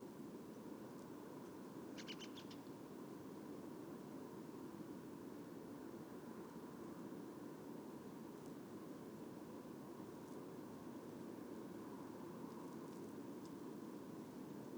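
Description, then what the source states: A bird's short, high, buzzy flight call in a quick burst of several notes, followed later by a few faint high ticks, over steady background noise. Nocturnal flight call recorded on 10 November 2017.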